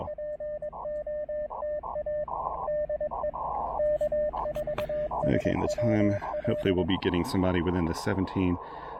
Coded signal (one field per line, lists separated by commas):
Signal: Morse code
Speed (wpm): 23 wpm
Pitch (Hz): 600 Hz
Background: speech, radio noise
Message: POTA DE K4SWL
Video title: QRP POTA: Paring the Elecraft KX2 and PackTenna Random Wire at Holmes Educational State Forest!